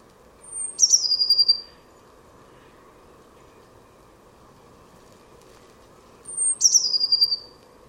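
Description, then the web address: Bird gives a thin, very high note sliding downward into a short fluttering trill, repeated twice about six seconds apart. "Deverinetal 2025 File origin Bird Only Cy Ca"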